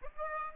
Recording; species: mosquito wingbeat signal from an infrared sensor; Aedes aegypti